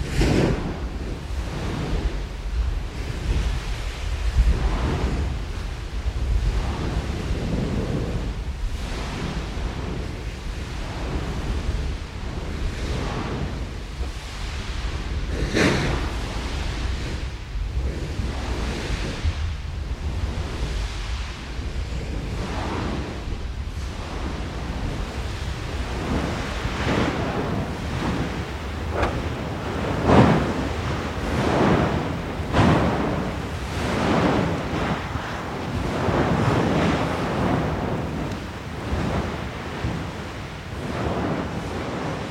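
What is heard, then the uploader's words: Sounds from Erta Ale volcano: a constant deep roar with rushing, surf-like churning that swells and breaks every second or two. Sharper bursts stand out near 15 and 30 seconds, and wind buffets the microphone throughout. Sounds recorded in Ethiopia’s Afar region at Erta Ale volcano. Erta Ale is one of only a handful of volcanoes with lava lakes in the world, situated in the Danakil Depression, one of the hottest and most inhospitable places in the world.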